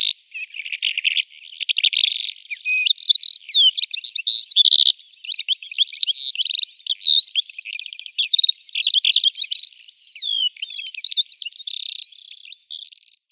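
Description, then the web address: Calandra lark singing a long, fast outpouring of twittering and buzzy rattling notes, varied throughout and sustained for over ten seconds. "Schulze Peter Calandra Lark song"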